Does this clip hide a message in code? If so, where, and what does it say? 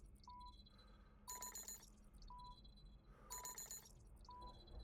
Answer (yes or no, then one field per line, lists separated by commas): no